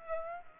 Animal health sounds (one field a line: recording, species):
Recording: mosquito wingbeat signal from an infrared sensor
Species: Aedes aegypti